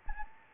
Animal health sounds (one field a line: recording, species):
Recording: mosquito wingbeat signal from an infrared sensor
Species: Anopheles gambiae